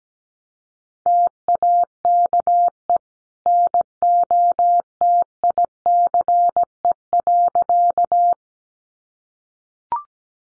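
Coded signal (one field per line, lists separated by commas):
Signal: Morse code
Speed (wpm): 17 wpm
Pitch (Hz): 700 Hz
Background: none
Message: TAKE NOTICE.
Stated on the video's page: Head-copy drill of sentences from the top 400 words at 17wpm, each sent in Morse, spoken, then sent again.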